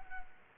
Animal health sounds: mosquito wingbeat signal from an infrared sensor; Culex quinquefasciatus

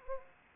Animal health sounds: mosquito wingbeat signal from an infrared sensor; Anopheles arabiensis

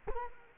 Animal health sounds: mosquito wingbeat signal from an infrared sensor; Culex quinquefasciatus

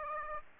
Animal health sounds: mosquito wingbeat signal from an infrared sensor; Aedes aegypti

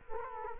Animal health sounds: mosquito wingbeat signal from an infrared sensor; Culex quinquefasciatus

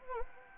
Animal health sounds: mosquito wingbeat signal from an infrared sensor; Anopheles arabiensis

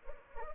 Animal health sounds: mosquito wingbeat signal from an infrared sensor; Culex pipiens

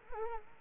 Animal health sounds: mosquito wingbeat signal from an infrared sensor; Culex quinquefasciatus

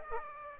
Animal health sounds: mosquito wingbeat signal from an infrared sensor; Aedes aegypti

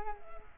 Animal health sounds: mosquito wingbeat signal from an infrared sensor; Culex quinquefasciatus

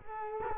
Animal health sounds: mosquito wingbeat signal from an infrared sensor; Culex quinquefasciatus

